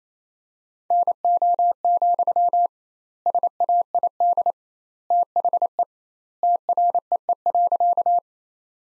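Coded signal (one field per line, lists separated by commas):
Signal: Morse code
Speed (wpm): 28 wpm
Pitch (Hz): 700 Hz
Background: none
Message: NO, SAID THE TREE.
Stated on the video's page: Sentences from the top 300 words at 28 wpm with 2x standard word spacing, a Farnsworth-like practice drill.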